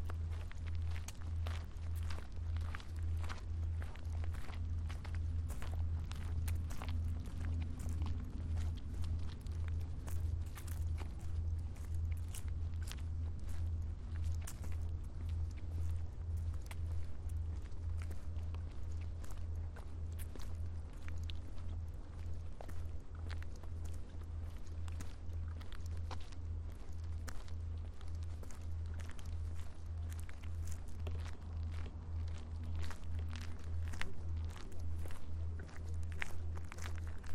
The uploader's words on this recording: A walk through Marpole. The southern tip of Marpole is a gateway into the lower mainland and intersects important nodes of transportation by land, air and water. Opposing soundscapes by the North Arm Fraser River.